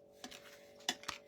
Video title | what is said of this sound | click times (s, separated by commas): Stamp with Arlena - Making Bookmarks | did you hear it click | 0.9 s